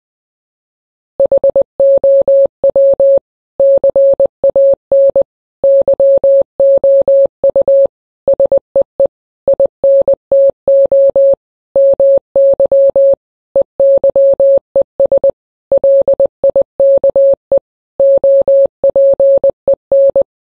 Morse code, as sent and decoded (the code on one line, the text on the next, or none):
.... --- .-- / -.-. .- -. / -.-- --- ..- / ... . . / .. -. - --- / -- -.-- / . -.-- . ... / .-.. .. -.- . / --- .--. . -.
HOW CAN YOU SEE INTO MY EYES LIKE OPEN